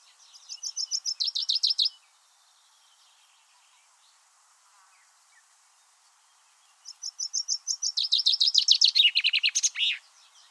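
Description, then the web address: Common chaffinch singing twice: a first phrase of quick high notes breaks off, then after a pause a full song descends in rattling steps to an emphatic terminal flourish. "Deverinetal 2025 File origin Bird Only Fr Co"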